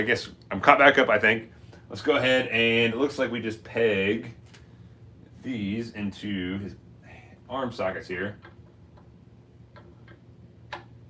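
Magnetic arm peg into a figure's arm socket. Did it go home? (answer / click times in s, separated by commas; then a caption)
yes / 10.7 s. Someone talks while pushing a magnetic plastic arm peg into the arm socket of a collectible figure or statue. After a few faint taps, the peg snaps home with a clear, sharp click at 10.7 s, seating firmly.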